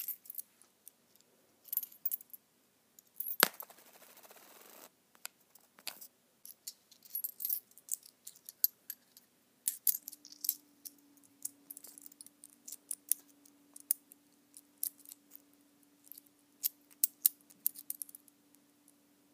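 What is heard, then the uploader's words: Toys rattle and clatter in quick, uneven bursts of bright, hard clicks and taps throughout. A sharp knock near 3.5 seconds leads into about a second and a half of dense shaking, and from about 10 seconds a steady low hum sits beneath the clicking. ASMR Rattling Toys.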